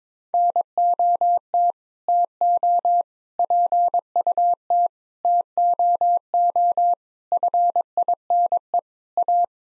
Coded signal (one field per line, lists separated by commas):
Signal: Morse code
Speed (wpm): 22 wpm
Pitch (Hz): 700 Hz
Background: none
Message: NOT TO PUT TOO FINE A